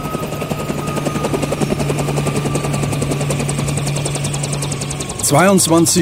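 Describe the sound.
Two Federal Border Guard helicopters take off and fly toward the military airfield at Fürstenfeldbruck, west of Munich, their rotors beating in a steady, rapid chop over a droning engine hum for about five seconds, before a man's voice cuts in at the end.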